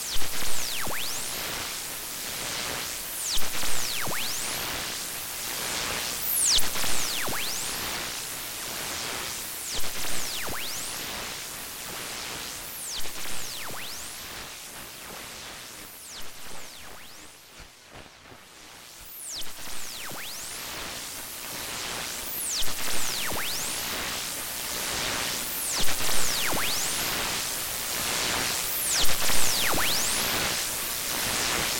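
Radio static recorded during a lunar eclipse, a dense hiss concentrated in the high range. Repeated swooping whistles and tones sweep up and down through it every second or so, with sharper crackling bursts, and the hiss thins briefly to near quiet around eighteen seconds.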